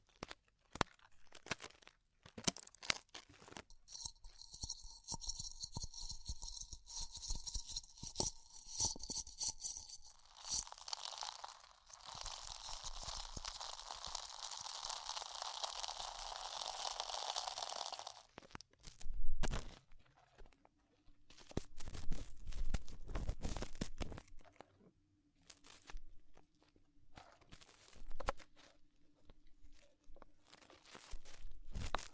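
Ear exploration made of crisp crunching, crinkling and tearing sounds arriving in dense, irregular clusters. From about 4 to 10 seconds a bright whistling tone rings over the crackle, then a hissy rustling wash fills roughly 10 to 18 seconds. Later a low hum sits under sparser crunches.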